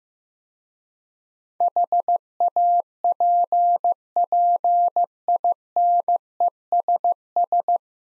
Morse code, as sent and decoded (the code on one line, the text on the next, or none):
.... .- .--. .--. .. -. . ... ...
HAPPINESS